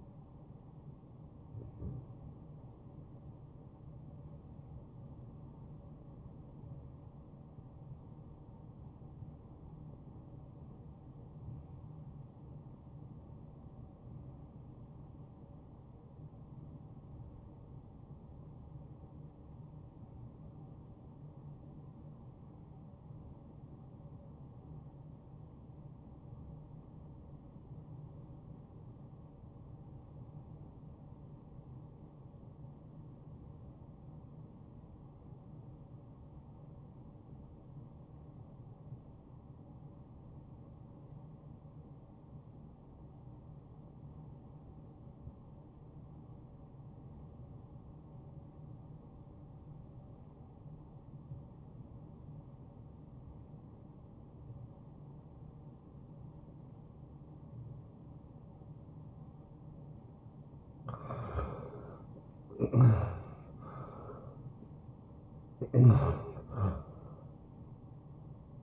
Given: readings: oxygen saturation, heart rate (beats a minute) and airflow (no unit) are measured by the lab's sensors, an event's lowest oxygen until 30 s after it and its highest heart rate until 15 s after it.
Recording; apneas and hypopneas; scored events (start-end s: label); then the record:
breathing in sleep by a smartphone at the bedside; 1
3.00-33.00 s: new sleep stage, REM sleep
7.00-60.40 s: obstructive apnea (REM, oxygen 94% highest, then 68% lowest, heart rate 74 at the start, 91 highest)
33.00-68.63 s: new sleep stage, N1 (lightest sleep)
From the record:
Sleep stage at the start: N1 (lightest sleep); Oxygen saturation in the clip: 75 to 95%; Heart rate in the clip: 58 to 88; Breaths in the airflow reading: 4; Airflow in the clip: -13.7 to 8.0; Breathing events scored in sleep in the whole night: 263 in 5.5 hours asleep